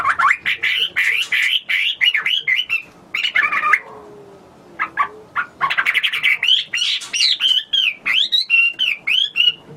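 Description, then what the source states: Hwamei song: rapid, varied whistled phrases with rising and falling slurs, a brief pause midway, then another loud, lively burst of repeated notes. Recorded in China.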